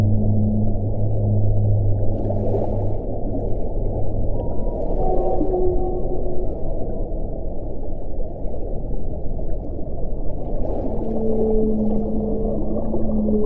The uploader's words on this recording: Whales | ASMR UNDERWATER RELAX SOUNDS.